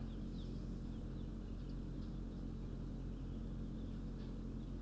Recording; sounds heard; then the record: poultry house recording; healthy chickens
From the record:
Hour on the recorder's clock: 22